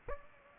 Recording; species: mosquito wingbeat signal from an infrared sensor; Aedes aegypti